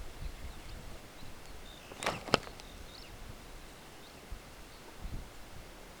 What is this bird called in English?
Superb Starling